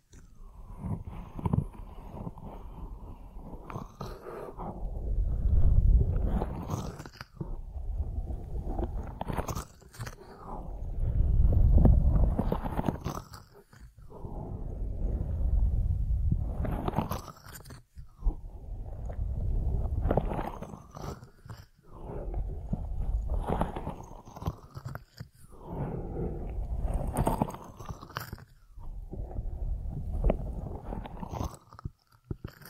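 Ear massage sounds come as soft rubbing swells, low and muffled with crisp crackles, rising and fading roughly every five to six seconds.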